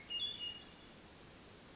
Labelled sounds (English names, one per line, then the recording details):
Hermit Thrush
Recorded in Sonoma County, California